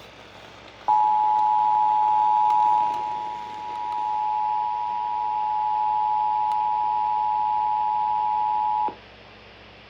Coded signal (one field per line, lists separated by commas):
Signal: Emergency Alert System (SAME) tones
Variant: 853 and 960 Hz attention tone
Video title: [FOUND SAFE] WV AMBER Alert on 9 stations (12/16/24) EAS 2686-2694